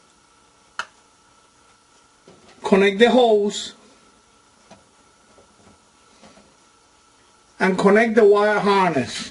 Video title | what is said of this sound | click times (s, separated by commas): Whirlpool Washing Machine Not Filling With Water - Check The Water Level Switch | it until the tap locks in place connect | 0.8 s